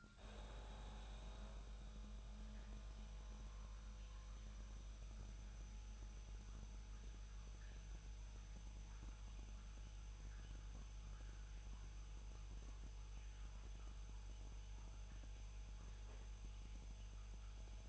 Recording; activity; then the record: daily activity, microphone in the room; make coffee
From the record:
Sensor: 2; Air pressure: 1001.9 hPa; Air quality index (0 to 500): 248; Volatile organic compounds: 39 ppm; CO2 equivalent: 3137 ppm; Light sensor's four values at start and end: 8/28/10/10 and 8/28/10/10